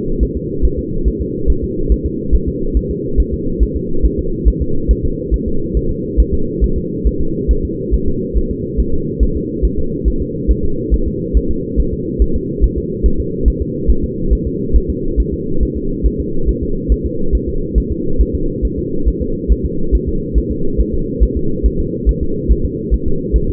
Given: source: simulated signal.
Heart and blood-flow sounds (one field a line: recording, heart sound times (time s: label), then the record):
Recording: fetal heart sounds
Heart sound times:
0.23 s: S1
0.37 s: S2
0.65 s: S1
0.79 s: S2
1.08 s: S1
1.21 s: S2
1.50 s: S1
1.64 s: S2
1.92 s: S1
2.06 s: S2
2.35 s: S1
2.48 s: S2
2.77 s: S1
2.91 s: S2
3.20 s: S1
3.34 s: S2
3.63 s: S1
3.77 s: S2
4.05 s: S1
4.19 s: S2
4.48 s: S1
4.62 s: S2
4.91 s: S1
5.05 s: S2
5.34 s: S1
5.48 s: S2
5.77 s: S1
5.91 s: S2
6.20 s: S1
6.34 s: S2
6.64 s: S1
6.78 s: S2
7.07 s: S1
7.21 s: S2
7.51 s: S1
7.65 s: S2
7.94 s: S1
8.08 s: S2
8.37 s: S1
8.51 s: S2
8.80 s: S1
8.94 s: S2
9.23 s: S1
9.37 s: S2
9.65 s: S1
9.79 s: S2
10.08 s: S1
10.22 s: S2
10.51 s: S1
10.65 s: S2
10.94 s: S1
11.08 s: S2
11.37 s: S1
11.51 s: S2
11.80 s: S1
11.93 s: S2
12.22 s: S1
12.36 s: S2
12.64 s: S1
12.78 s: S2
13.06 s: S1
13.20 s: S2
13.48 s: S1
13.62 s: S2
13.90 s: S1
14.04 s: S2
14.33 s: S1
14.47 s: S2
14.76 s: S1
14.90 s: S2
15.20 s: S1
15.34 s: S2
15.63 s: S1
15.77 s: S2
16.06 s: S1
16.20 s: S2
16.49 s: S1
16.63 s: S2
16.92 s: S1
17.06 s: S2
17.35 s: S1
17.49 s: S2
17.78 s: S1
17.92 s: S2
18.21 s: S1
18.35 s: S2
18.65 s: S1
18.79 s: S2
19.08 s: S1
19.22 s: S2
19.52 s: S1
19.66 s: S2
19.95 s: S1
20.09 s: S2
20.38 s: S1
20.51 s: S2
20.81 s: S1
20.94 s: S2
21.23 s: S1
21.37 s: S2
21.66 s: S1
21.80 s: S2
22.09 s: S1
22.23 s: S2
22.52 s: S1
22.65 s: S2
22.94 s: S1
23.08 s: S2
23.36 s: S1
23.50 s: S2
From the record:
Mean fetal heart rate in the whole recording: 140 bpm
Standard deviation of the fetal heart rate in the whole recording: 2 bpm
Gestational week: 34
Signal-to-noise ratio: -8.1 dB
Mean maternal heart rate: 72 bpm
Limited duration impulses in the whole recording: absent